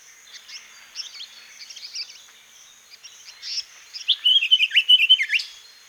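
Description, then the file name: African paradise flycatcher calls, scattered high chips building into a loud quick run of sharp whistled notes near the end. "African-Paradise-Flycatcher-e Bird"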